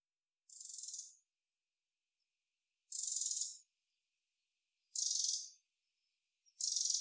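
Eurasian wren harsh rattle calls: four dense, buzzy bursts, each under a second, coming roughly every two seconds.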